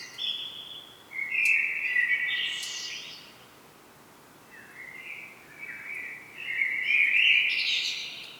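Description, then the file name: Common blackbird singing rich mellow warbled phrases with a short pause between them, and thin high twittering flourishes among the lower fluted notes. "Turdus merula"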